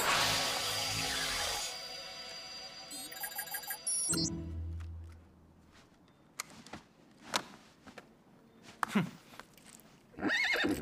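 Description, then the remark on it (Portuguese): A circus horse gives a loud, shrill whinny right at the start, then the sound drops to a low rumble with scattered sharp clip-clops and knocks trailing after. “Cavalo de circo.”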